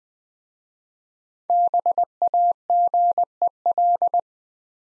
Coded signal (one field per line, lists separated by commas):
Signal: Morse code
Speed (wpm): 20 wpm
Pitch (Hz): 700 Hz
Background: none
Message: BAGEL